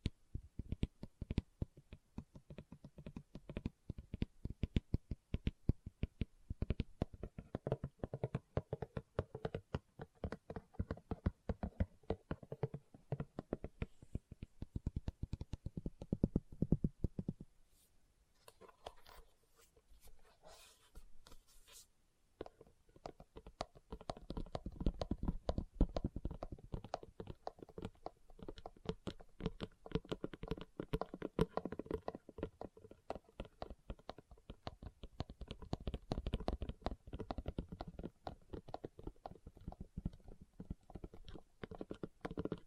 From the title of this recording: ASMR Leather Tapping & Scratching Sounds